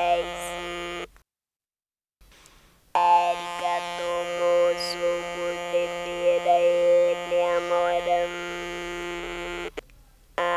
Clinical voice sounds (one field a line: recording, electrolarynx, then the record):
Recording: speech with an electrolarynx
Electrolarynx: modified device, with random pitch perturbation and pitch set by sex and age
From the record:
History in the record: total laryngectomy